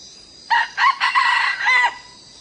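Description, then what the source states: Red junglefowl crow of four rough syllables: a short first note, a long drawn-out third and a brief final note. Young male crowing.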